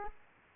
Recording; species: mosquito wingbeat signal from an infrared sensor; Aedes aegypti